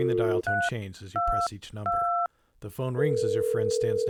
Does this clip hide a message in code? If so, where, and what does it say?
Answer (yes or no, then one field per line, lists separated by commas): yes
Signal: DTMF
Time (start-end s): 0.5-2.3 s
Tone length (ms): 330 ms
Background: speech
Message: 322